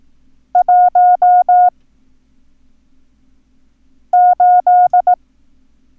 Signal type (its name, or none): Morse code